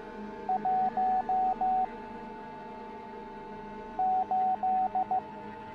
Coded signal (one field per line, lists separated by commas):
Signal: Morse code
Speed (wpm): 15 wpm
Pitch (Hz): 750 Hz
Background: none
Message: 1 8